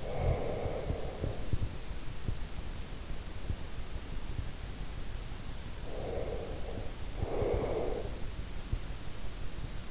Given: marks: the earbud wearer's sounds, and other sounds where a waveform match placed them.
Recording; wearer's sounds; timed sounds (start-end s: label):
sounds in sleep by an in-ear microphone; snoring breath, breath
0.00-1.77 s: snoring breath
5.43-8.20 s: breath